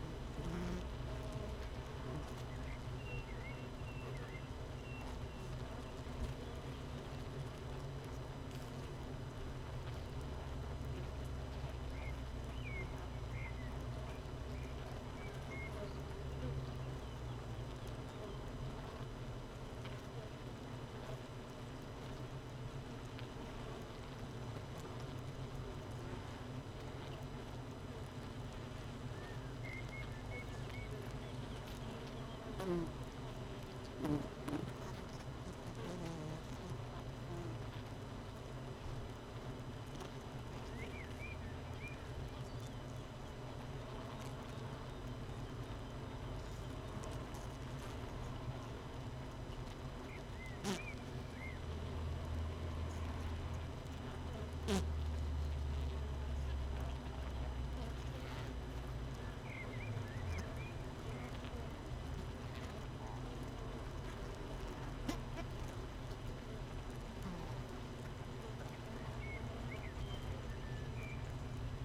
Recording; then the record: honeybee colony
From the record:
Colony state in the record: missing queen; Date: 31 May 2018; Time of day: 7:24